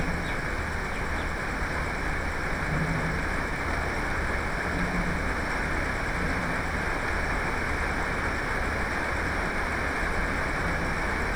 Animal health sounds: poultry house recording; healthy chickens

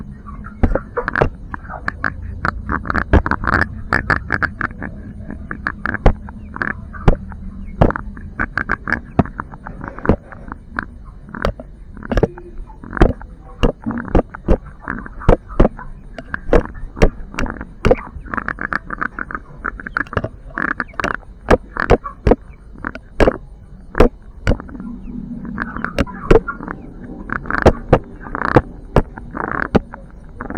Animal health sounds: poultry house recording; sick chickens (respiratory disease)

